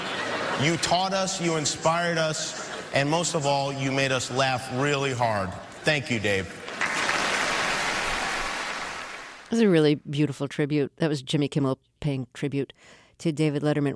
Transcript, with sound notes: You taught us, you inspired us, and most of all you made us laugh really hard. Thank you, Dave.
(APPLAUSE)
That was a really beautiful tribute. That was Jimmy Kimmel paying tribute to David Letterman.